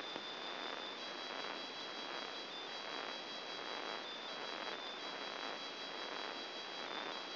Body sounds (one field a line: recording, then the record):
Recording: brain microelectrode recording played as sound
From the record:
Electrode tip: outside the subthalamic nucleus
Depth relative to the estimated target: 4 mm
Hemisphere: left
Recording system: AlphaMap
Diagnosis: Parkinson's disease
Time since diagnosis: 11 years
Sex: male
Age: 50 years